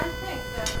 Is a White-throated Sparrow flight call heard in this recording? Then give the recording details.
no. No flight call is heard. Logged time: 23:25 on 2 September 2014